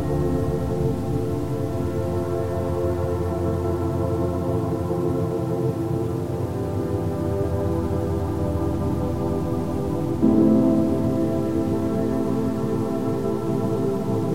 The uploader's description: a harmonious blend of zen and relaxing music and some white noise and wind in the background